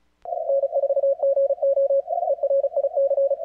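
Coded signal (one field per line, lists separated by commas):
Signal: Morse code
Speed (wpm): 35 wpm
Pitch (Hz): 560 Hz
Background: radio noise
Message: N4GO ERIC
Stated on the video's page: CWops CWT on the Fourth of July.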